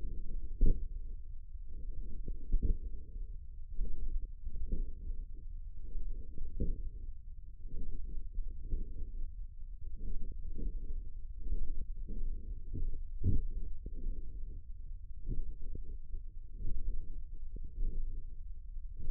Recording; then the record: forearm muscle sounds (acoustic myography)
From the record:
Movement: forearm pronation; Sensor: system 1, eight BSWA MPA416 microphones around the upper forearm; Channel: 6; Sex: male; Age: 54 years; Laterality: right